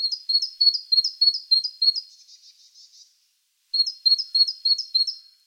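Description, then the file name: Great tit song: a long run of ringing two-note phrases that fades into a buzzy chatter, then a brief pause before the phrases resume. "Parus major"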